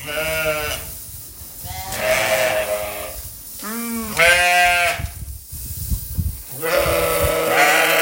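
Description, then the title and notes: Sheep bleating, several quavering calls of varying pitch, with some rustling noise in the background. Sheep in a field. "Ovellas Coens. escoitamos perfectamente as ovellas no campo"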